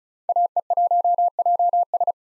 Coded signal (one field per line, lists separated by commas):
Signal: Morse code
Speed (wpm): 34 wpm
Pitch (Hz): 700 Hz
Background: none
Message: AE1JS